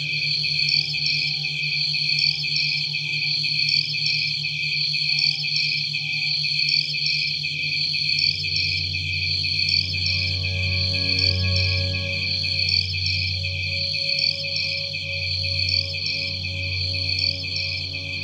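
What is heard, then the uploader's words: Nature sound from Penang Hill, Malaysia, where insects keep up a steady, piercing chorus with bright pulsing chirps repeating quickly and regularly throughout. Beneath it runs a constant low hum that swells and deepens from about eight seconds onward. Natur - Penang Hill, Malaysia.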